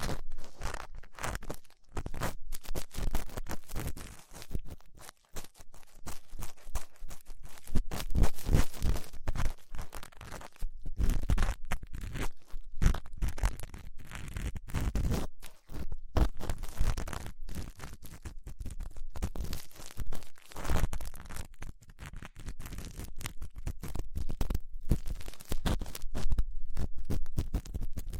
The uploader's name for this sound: Ear Cleaning Latex Gloves, Dental Pick, Cotton Swabs